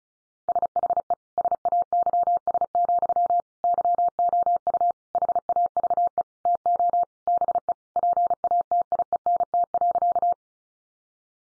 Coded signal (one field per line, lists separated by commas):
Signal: Morse code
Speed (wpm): 34 wpm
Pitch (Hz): 700 Hz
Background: none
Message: SHE SAYS, YOU HAVE TO BE PATIENT.